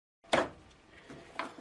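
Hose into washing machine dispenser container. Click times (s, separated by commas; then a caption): 0.3 s, 1.4 s. A hose is pushed onto the detergent dispenser container of a Samsung washing machine during a bearing replacement until it fits tightly and snaps into place. Two sharp hits sound at 0.3 s and 1.4 s, and the hose is seated.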